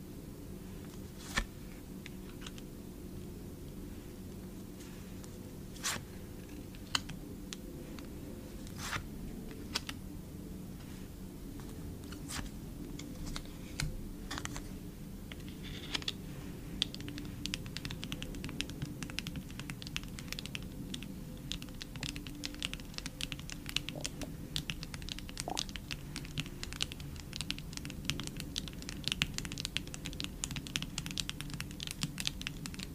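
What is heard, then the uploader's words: Light tapping on photocards, sparse early then quickening into dense clicky patter after about fifteen seconds, over a steady low hum. Asmr photocard collection. Photocard tapping. Blue yeti microphone.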